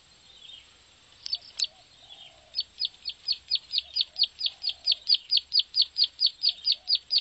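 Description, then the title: Bar-winged prinia song: soft calls and a sharp click first, then a fast, regular train of high chipping notes, with faint lower chirps behind. "Suara Burung Ciblek"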